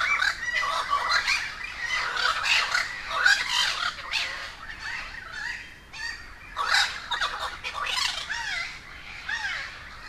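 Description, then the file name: Crows calling in a dense flock, harsh overlapping squawks and nasal caws rising and falling in waves, with short pauses between bursts. A gathering of many crows at Humboldt Park, Cuba. "Quiet American - aaron ximm-humbold park cuba-convocation of crows"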